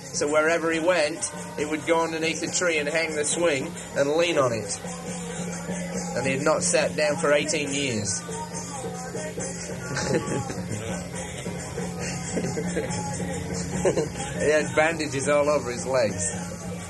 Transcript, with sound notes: so wherever he went, he would go underneath a tree and hang the swing and lean on it. And he'd not sat down for eighteen years. [laughter] He had bandages all over his legs.